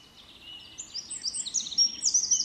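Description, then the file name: Eurasian wren song fragment: high twittering notes building into loud, shrill rattling trills. "Troglodytes troglodytes"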